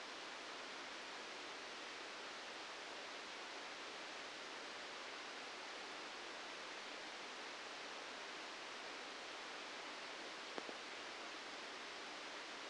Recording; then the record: brain microelectrode recording played as sound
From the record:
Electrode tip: outside the subthalamic nucleus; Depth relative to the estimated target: 1 mm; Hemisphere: left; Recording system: NeuroSet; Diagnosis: Parkinson's disease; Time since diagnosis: 13 years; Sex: male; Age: 65 years